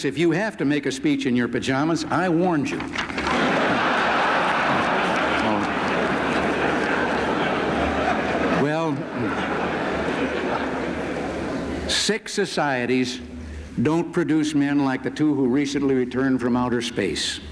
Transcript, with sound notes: If you have to make a speech in your pajamas, I warned you.” [Laughter] Well, sick societies don't produce men like the two who recently returned from outer space.